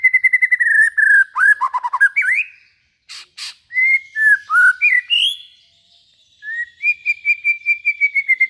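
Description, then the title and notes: White-rumped shama song: a steady trilled whistle, dropping slurred notes, a pause, then rising whistles and a long even trill at the end. Used as a lure for trapping. "Pikat Murai Batu. Burung Murai Batu"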